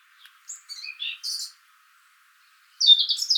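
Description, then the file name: Eurasian blackcap song: a burst of quick, varied chirping notes sliding up and down, a pause of over a second, then another rapid, jumbled warbled phrase. "Sylvia atricapilla"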